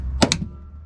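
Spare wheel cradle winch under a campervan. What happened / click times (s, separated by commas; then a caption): A heavy winch mechanism locked into place with a double clunk / 0.2 s, 0.3 s. A spare steel wheel on its cradle carrier is wound up by the winch under the floor of a Fiat Ducato Elddis CV40 campervan and locks into place with two sharp metallic clunks at 0.2 s and 0.3 s, followed by a low steady hum. The winch is locked in place, and a push with a foot confirms it is solid.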